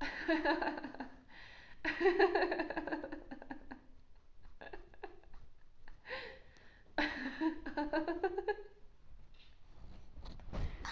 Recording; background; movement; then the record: laughter; quiet; sitting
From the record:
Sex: female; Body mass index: 18.3 kg/m2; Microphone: on the chest, facing outward